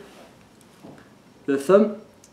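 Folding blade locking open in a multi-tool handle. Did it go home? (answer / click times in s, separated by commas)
no / none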